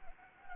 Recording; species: mosquito wingbeat signal from an infrared sensor; Anopheles gambiae